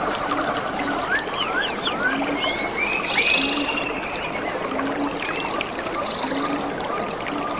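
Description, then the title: Birds singing: many sweeping, arched whistles and rising slurs, with a low soft note repeated about once a second beneath, over constant running water. Birds in a rainy forest beside a clear stream. "The pure stream and lovely birds in the rainy forest"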